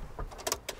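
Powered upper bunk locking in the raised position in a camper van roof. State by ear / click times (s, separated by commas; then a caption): not seated / none. The powered upper bunk in a Volkswagen Grand California camper van is raised electrically by a button press toward its locked, stowed position in the roof. Short sharp sounds at about 0.5 s and 0.7 s are heard over a faint low rumble. Nothing has seated or clicked into place yet.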